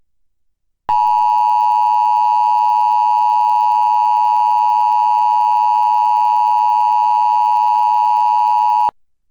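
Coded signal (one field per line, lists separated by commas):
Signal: Emergency Alert System (SAME) tones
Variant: 853 and 960 Hz attention tone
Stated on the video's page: Required Weekly Test relayed by a digital TV subchannel, recorded with a digital tuner and recorder onto a USB drive.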